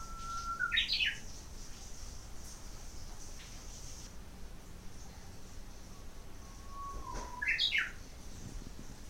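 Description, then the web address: Japanese bush warbler song: a long steady whistle followed by a quick rising-falling flourish, given twice about six and a half seconds apart over a low steady hum. "lovepostpet uguisu"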